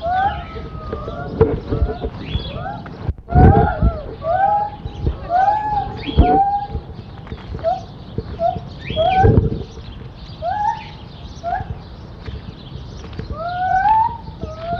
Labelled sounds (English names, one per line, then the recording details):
Lar Gibbon
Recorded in captivity
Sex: male
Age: adult
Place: Mundenhof, Baden-Württemberg, DE
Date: 1985-06-14 11:31
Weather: schwach sonnig, 18 °C
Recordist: Tembrock, Günter